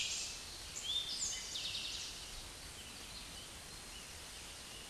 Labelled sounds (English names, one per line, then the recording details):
Eastern Towhee song
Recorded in a Pennsylvania forest on 16 May 2024 at 06:05
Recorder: AudioMoth, point MSD-0475
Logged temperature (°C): 12.3 °C
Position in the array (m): 109 m, 6 m